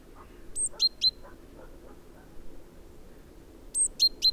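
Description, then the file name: Great tit calling twice, each time a high thin note followed by two crisp lower chips, with faint softer chirps between the phrases. "Parus major"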